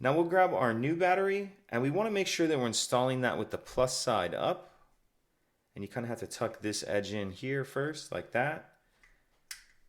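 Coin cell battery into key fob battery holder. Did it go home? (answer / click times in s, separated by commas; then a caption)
yes / 9.5 s. A new coin cell battery is tucked edge-first into the battery holder of a 2021–2024 Buick Envision key fob, plus side up, while someone talks. It is then pressed down and snaps into place with a sharp, short click at 9.5 s.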